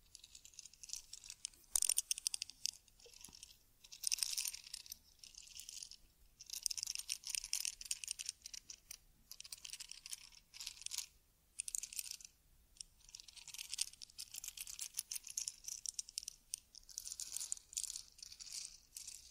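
Someone combing and brushing a teddy bear's fur, making soft, bright, scratchy bursts that come in quick runs and short pauses. The strokes are fast and fairly dense, with a sharper tap near two seconds. Nothing else is heard behind them.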